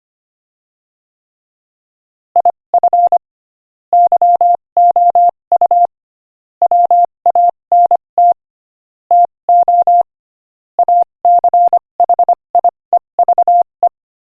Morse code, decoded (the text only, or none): IF YOU WANT TO ACHIEVE